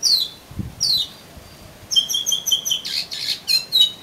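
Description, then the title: Oriental magpie-robin song: two high descending sweeps, then a quick run of short paired whistles and buzzy notes. "Kacer Kacer"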